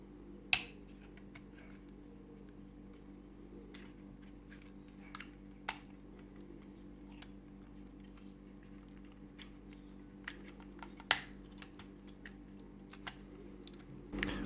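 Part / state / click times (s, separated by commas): folding arm on a small drone body / seated / 0.5 s, 11.1 s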